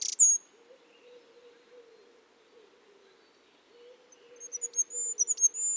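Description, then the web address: Bird gives a short harsh high burst, then after a pause high thin whistled notes with downward flicks near the end, over a faint low wavering sound. "Bird Only"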